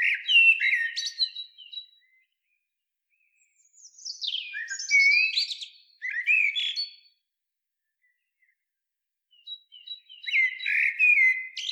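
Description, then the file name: Eurasian blackbird singing three phrases separated by short pauses, each blending fluty warbled notes with high, jumbled squeaks and twitters. "Turdus merula"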